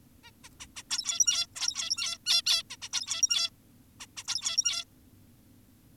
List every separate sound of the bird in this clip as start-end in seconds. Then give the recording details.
0.24-0.31, 0.44-0.49, 0.60-0.67, 0.76-0.83, 0.90-1.46, 1.56-2.18, 2.26-2.42, 2.46-2.63, 2.70-2.76, 2.82-2.89, 2.93-3.50, 4.00-4.06, 4.17-4.24, 4.28-4.84. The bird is an adult. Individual g17y2U